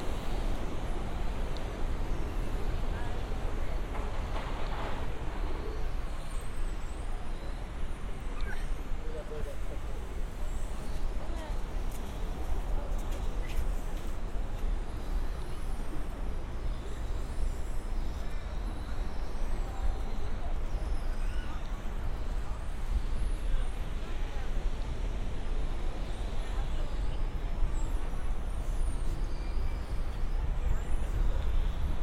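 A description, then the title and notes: A binaural walk on Santa Monica Pier near the bumper cars and roller coasters: a dense, steady, low-heavy rumble runs the whole way without letting up. Faint voices blend into it, with brief brighter clatters near five and thirteen seconds. Santa Monica Pier. A binaural field recording. Watching the bumper cars, the roller coasters.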